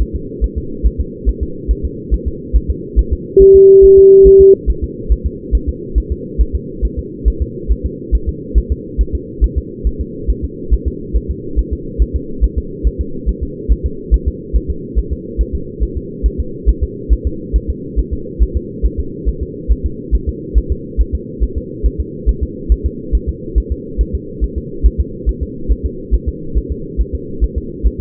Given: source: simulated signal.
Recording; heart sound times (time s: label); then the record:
fetal heart sounds
0.02 s: S1
0.16 s: S2
0.44 s: S1
0.58 s: S2
0.86 s: S1
1.00 s: S2
1.29 s: S1
1.43 s: S2
1.71 s: S1
1.85 s: S2
2.14 s: S1
2.28 s: S2
2.56 s: S1
2.70 s: S2
2.99 s: S1
3.13 s: S2
3.42 s: S1
3.56 s: S2
3.85 s: S1
3.99 s: S2
4.27 s: S1
4.41 s: S2
4.70 s: S1
4.84 s: S2
5.12 s: S1
5.26 s: S2
5.55 s: S1
5.69 s: S2
5.98 s: S1
6.12 s: S2
6.41 s: S1
6.55 s: S2
6.85 s: S1
6.99 s: S2
7.28 s: S1
7.42 s: S2
7.71 s: S1
7.86 s: S2
8.15 s: S1
8.29 s: S2
8.58 s: S1
8.72 s: S2
9.01 s: S1
9.15 s: S2
9.44 s: S1
9.58 s: S2
9.87 s: S1
10.01 s: S2
10.30 s: S1
10.44 s: S2
10.73 s: S1
10.88 s: S2
11.16 s: S1
11.31 s: S2
11.59 s: S1
11.73 s: S2
12.02 s: S1
12.16 s: S2
12.44 s: S1
12.58 s: S2
12.87 s: S1
13.01 s: S2
13.29 s: S1
13.43 s: S2
13.72 s: S1
13.86 s: S2
14.14 s: S1
14.28 s: S2
14.56 s: S1
14.70 s: S2
14.98 s: S1
15.13 s: S2
15.41 s: S1
15.55 s: S2
15.83 s: S1
15.97 s: S2
16.26 s: S1
16.40 s: S2
16.69 s: S1
16.83 s: S2
17.13 s: S1
17.27 s: S2
17.56 s: S1
17.70 s: S2
17.99 s: S1
18.13 s: S2
18.42 s: S1
18.57 s: S2
18.86 s: S1
19.00 s: S2
19.29 s: S1
19.43 s: S2
19.72 s: S1
19.86 s: S2
20.15 s: S1
20.29 s: S2
20.58 s: S1
20.72 s: S2
21.01 s: S1
21.15 s: S2
21.43 s: S1
21.58 s: S2
21.86 s: S1
22.00 s: S2
22.29 s: S1
22.43 s: S2
22.72 s: S1
22.86 s: S2
23.15 s: S1
23.29 s: S2
23.58 s: S1
23.72 s: S2
24.01 s: S1
24.15 s: S2
24.44 s: S1
24.58 s: S2
24.86 s: S1
25.00 s: S2
25.29 s: S1
25.43 s: S2
25.72 s: S1
25.86 s: S2
26.14 s: S1
26.29 s: S2
26.57 s: S1
26.72 s: S2
27.01 s: S1
27.15 s: S2
27.44 s: S1
27.58 s: S2
27.87 s: S1
28.01 s: S2
From the record:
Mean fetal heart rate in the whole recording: 140 bpm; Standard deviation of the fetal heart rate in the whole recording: 2 bpm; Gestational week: 34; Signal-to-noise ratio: -4.3 dB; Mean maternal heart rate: 72 bpm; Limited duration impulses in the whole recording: present